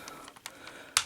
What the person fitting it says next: Heard that click, that popped it up.